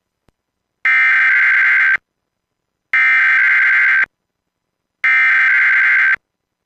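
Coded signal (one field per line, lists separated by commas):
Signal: Emergency Alert System (SAME) tones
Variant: header bursts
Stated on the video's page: Automated required weekly EAS test.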